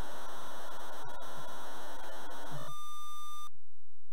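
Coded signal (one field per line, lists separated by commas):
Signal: computer data on cassette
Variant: Exidy Sorcerer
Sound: harsh raspy buzzing data warble for about three seconds, then a brief steady tone, then silence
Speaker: we get some beautiful cassette loading sounds for galaxian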